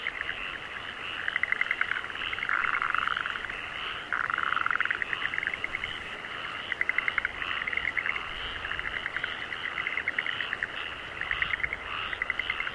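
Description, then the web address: Frogs croaking in a dense chorus, rapid pulsed rattling bursts overlapping without pause, with a steady high hum of many more callers beneath. Frogs in rice fields in Aomori, Japan. "Sound Effects-Foundation 1 ANIMAL FROGS AOMORI RICE FIELDS"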